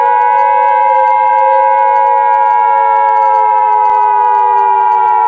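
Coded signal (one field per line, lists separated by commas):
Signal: Emergency Alert System (SAME) tones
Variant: 853 and 960 Hz attention tone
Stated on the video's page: Mock EAS scenario, a simulated alien arrival alert.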